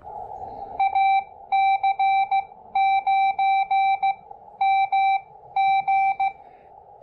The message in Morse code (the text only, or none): AC9MG